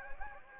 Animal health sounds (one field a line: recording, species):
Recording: mosquito wingbeat signal from an infrared sensor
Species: Anopheles gambiae